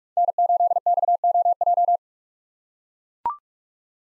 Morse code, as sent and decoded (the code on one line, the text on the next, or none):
-. ---.. -..- --- .---
N8XOJ